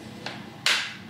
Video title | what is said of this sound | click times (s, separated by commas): SUTRO is the smart pool monitor I’ve been waiting for | there's the click all righty | 0.7 s